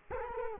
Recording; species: mosquito wingbeat signal from an infrared sensor; Culex quinquefasciatus